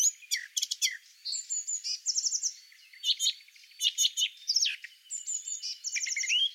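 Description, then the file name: Eurasian blackcap song: a busy, scratchy warble mixed with bright fluting notes, running almost continuously with brief breaks. "Sylvia atricapilla"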